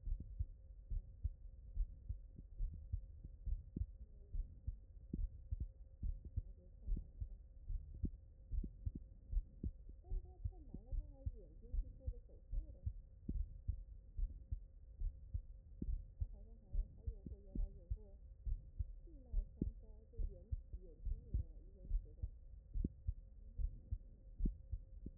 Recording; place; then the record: heart sounds by stethoscope; mitral valve (MV)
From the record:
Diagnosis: non-HFrEF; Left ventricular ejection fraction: 63%